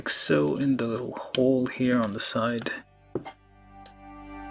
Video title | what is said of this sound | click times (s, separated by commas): Figure-rise Standard - Ultraman Suit Zero [SC Ver.] - ACTION- - 1/12 Bandai Kit - Livebuild | There you go. Kind of locks in place. | 3.2 s